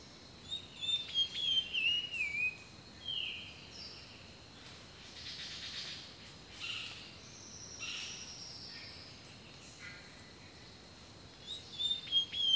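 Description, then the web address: Birdsong: rich, warbling whistled phrases rise and fall at the start and again at the end, with softer chirps and hiss between. Birdsong recorded in a rainforest, from a nature sounds collection. "The Natural Sounds of the Wilderness 10 CDs collection Echoes of Nature - Rainforest Birdsong"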